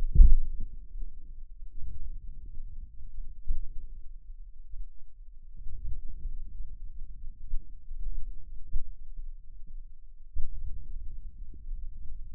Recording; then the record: forearm muscle sounds (acoustic myography)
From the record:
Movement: outward rotation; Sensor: system 2, bracelet of six BSWA MPA416 microphones around the upper forearm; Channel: 1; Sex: male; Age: 22 years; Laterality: right